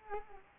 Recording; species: mosquito wingbeat signal from an infrared sensor; Culex quinquefasciatus